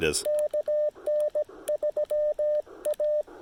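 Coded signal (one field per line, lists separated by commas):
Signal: Morse code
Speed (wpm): 17 wpm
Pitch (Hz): 600 Hz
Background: speech, radio noise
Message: KN3A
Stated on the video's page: Park activation under poor band conditions; long, challenging activation.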